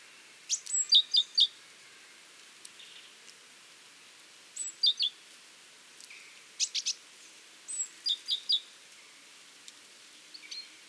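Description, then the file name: Great tit calls: clusters of sharp, high chirping notes in quick groups of three to five, with pauses of varying length between bursts. "Parus major"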